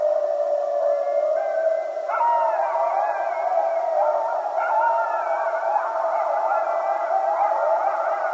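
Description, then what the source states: Coyote howling, several long, steady wailing notes held together, with a sudden upward jump in pitch around two seconds in, then gently sliding and wavering tones to the end. Several coyotes recorded on 15 January 2012.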